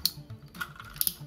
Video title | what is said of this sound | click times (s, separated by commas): Обзор трансформеров Soundwave + Laserbeak - TG-13 - Generations - Fall of Cybertron. Музей Р-ТФ. | боковую панель до щелчка там есть ограничитель | 0.1 s